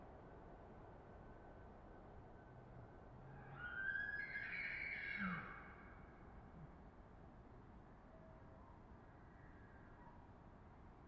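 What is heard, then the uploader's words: A distant elk bugles once, a high, thin whistling call that rises and wavers for about two seconds near the middle of the clip. Otherwise a steady low outdoor rumble fills the background, with a few faint, far-off tonal traces later on. Elk Bugling Bulls In The Distance. I spent another weekend in the Colockum Wildlife Area, camping at the border of Coffin Game Reserve for the last week of silence before firearm hunting season begins.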